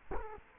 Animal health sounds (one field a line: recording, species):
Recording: mosquito wingbeat signal from an infrared sensor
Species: Culex quinquefasciatus